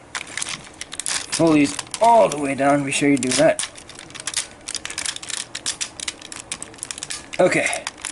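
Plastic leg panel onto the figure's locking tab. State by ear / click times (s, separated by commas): not seated / none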